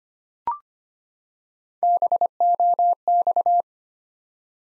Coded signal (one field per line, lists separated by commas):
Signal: Morse code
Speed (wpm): 25 wpm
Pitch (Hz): 700 Hz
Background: none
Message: BOX